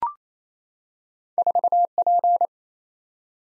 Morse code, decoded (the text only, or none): 4P